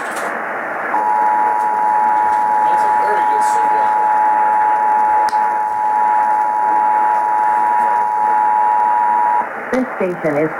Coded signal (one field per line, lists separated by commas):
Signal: Emergency Alert System (SAME) tones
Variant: 853 and 960 Hz attention tone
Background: speech